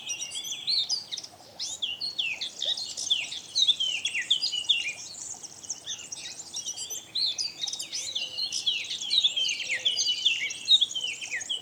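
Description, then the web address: Eurasian blackcap song: dense, rapid warbling of quick chirps and sliding notes, phrases running almost continuously with a short pause early on. "SETE data Sylvia atricapilla"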